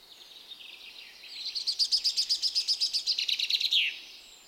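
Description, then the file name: Common chaffinch singing a rapid run of many repeated notes, ending in a short flourish that drops in pitch, with quiet hiss behind. "Fringilla coelebs"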